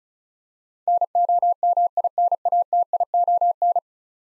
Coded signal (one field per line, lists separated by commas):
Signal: Morse code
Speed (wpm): 36 wpm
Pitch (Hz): 700 Hz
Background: none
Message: NOMINATION